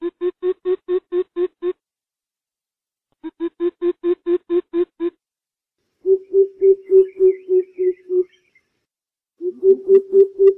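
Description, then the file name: Coucal giving several quick bursts of low hollow hoots, some crisp and clipped, others fuller, separated by short silences. "Tieng chim bim bip"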